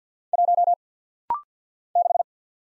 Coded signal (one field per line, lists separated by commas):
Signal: Morse code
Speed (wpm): 49 wpm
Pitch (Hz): 700 Hz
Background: none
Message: 1 6